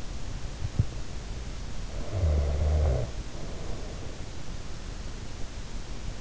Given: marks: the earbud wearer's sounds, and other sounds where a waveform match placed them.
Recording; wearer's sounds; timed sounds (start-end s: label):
sounds in sleep by an in-ear microphone; snoring breath
2.06-4.79 s: snoring breath